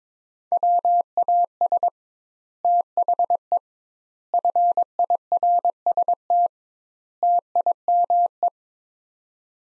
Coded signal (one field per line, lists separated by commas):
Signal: Morse code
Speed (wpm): 22 wpm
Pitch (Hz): 700 Hz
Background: none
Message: WAS THE FIRST TIME